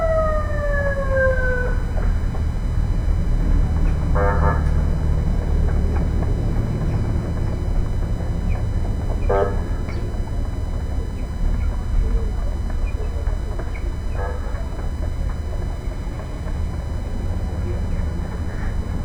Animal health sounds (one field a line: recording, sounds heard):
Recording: poultry house recording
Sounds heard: background noise or bird activity such as feeding and pecking